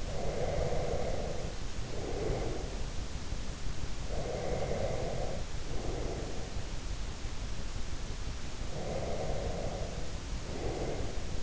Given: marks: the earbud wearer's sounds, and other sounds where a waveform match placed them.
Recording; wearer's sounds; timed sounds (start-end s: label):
sounds in sleep by an in-ear microphone; breath
0.00-2.90 s: breath
4.02-6.70 s: breath
8.64-11.43 s: breath